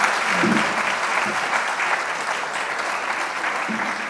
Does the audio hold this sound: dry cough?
no